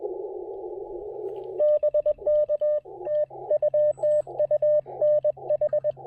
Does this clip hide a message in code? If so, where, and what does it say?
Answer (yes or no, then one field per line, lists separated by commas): yes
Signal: Morse code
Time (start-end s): 1.6-5.9 s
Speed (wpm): 21 wpm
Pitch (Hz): 600 Hz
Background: radio noise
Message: BK TU TU NH